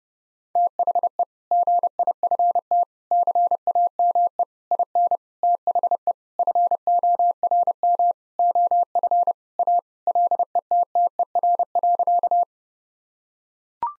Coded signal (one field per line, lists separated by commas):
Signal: Morse code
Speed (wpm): 30 wpm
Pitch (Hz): 700 Hz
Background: none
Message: THE GIFT CAME IN THE FORM OF A LETTER.